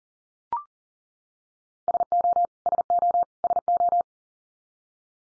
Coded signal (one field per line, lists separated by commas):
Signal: Morse code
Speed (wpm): 40 wpm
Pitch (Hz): 700 Hz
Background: none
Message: SO SO SO